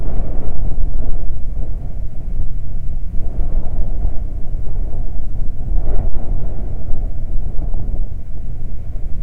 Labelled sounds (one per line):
wind